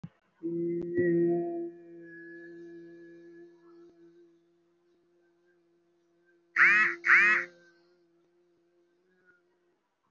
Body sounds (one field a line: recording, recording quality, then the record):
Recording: sustained vowel as in made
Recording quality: moderate, slight background noise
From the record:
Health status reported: respiratory illness, not identified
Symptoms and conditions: cough, cold, breathing difficulty, asthma, chronic lung disease, hypertension, diabetes, ischaemic heart disease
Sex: male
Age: 54 years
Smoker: yes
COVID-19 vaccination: one dose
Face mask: worn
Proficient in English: no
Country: India